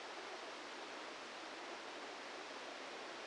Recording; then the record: brain microelectrode recording played as sound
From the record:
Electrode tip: inside the subthalamic nucleus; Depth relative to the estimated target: -1 mm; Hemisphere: left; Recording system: NeuroSet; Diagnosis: Parkinson's disease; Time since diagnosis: 14 years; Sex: male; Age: 51 years